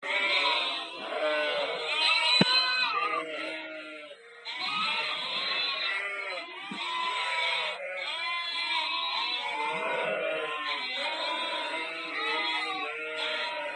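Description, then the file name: Sheep bleating, several wavering, tremulous bleats overlapping through the recording, a flock calling together with a brief click near the start. "ovce"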